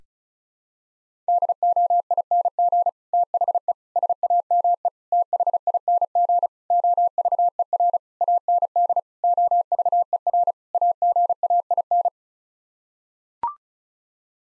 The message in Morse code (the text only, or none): DOING THE SAME THING OVER AND OVER AGAIN